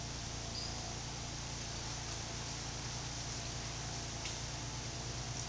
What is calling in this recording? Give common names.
none